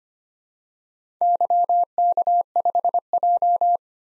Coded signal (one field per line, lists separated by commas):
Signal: Morse code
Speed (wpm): 25 wpm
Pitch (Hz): 700 Hz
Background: none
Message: YK5J